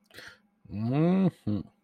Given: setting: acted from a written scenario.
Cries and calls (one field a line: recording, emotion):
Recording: vocal sound without words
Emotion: pride